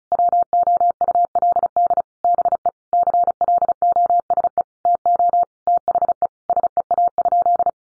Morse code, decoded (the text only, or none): WOULD BE CLOSE TO THE SEA?